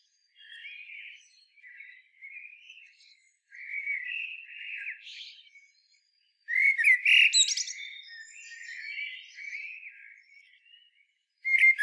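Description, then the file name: Common blackbird song with several quiet fluting warbles, then a louder rich phrase opening with shrill twittering notes, and a final sharp note. "Turdus merula"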